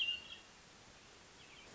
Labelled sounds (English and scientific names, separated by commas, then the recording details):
Hermit Thrush (Catharus guttatus)
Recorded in Sonoma County, California